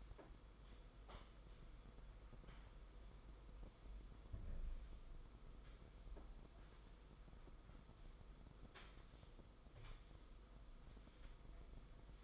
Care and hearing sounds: daily activity, microphone in the room; sweep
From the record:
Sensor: 5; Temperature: 22.3 degrees Celsius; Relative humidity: 52.2%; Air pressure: 990.7 hPa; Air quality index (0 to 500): 163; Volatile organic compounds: 287 ppm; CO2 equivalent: 4452 ppm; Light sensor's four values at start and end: 43/131/50/54 and 43/131/50/54

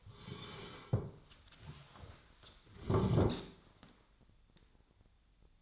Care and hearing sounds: daily activity, microphone in the room; sit down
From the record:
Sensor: 3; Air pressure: 1015.2 hPa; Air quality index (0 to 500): 136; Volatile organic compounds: 6 ppm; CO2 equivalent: 1922 ppm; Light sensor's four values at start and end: 13/30/13/13 and 14/36/14/15

